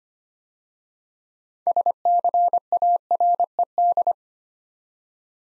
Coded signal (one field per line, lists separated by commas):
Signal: Morse code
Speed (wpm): 25 wpm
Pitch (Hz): 700 Hz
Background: none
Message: SCARED